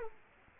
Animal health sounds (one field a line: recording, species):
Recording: mosquito wingbeat signal from an infrared sensor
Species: Culex quinquefasciatus